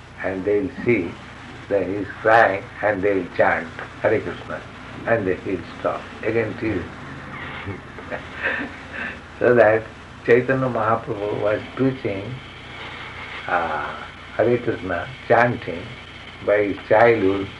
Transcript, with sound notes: and they'll see that He's crying, and they'll chant Hare Kṛṣṇa, and He'll stop; again tease. [laughs] So that Caitanya Mahāprabhu was preaching Hare Kṛṣṇa chanting by His childhood